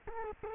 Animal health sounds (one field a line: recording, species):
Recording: mosquito wingbeat signal from an infrared sensor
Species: Culex quinquefasciatus